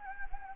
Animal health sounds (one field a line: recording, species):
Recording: mosquito wingbeat signal from an infrared sensor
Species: Anopheles gambiae